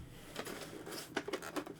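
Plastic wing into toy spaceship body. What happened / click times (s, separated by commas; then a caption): The plastic wing does not fully snap into its slot / 1.2 s. A plastic wing is pushed into its slot on a Star Wars: The Clone Wars Ultimate Battle Packs Rise of Boba Fett toy spaceship, giving a sharp plastic click at 1.2 s, followed by lighter clicks around 1.3 s and 1.6 s. The wing only partly seats and does not fully snap in and lock.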